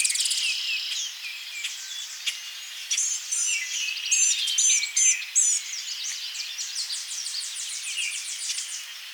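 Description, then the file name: Blue-gray gnatcatcher uttering a jumble of high, wheezy and squeaky notes, then a run of quick repeated buzzy notes near the end, over faint continuous background hiss. "Polioptila caerulea"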